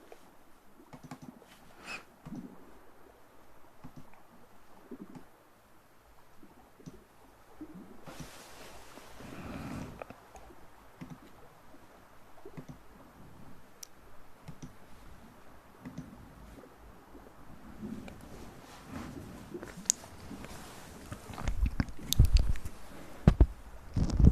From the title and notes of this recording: Mouth sounds, hand movements at sensitivity.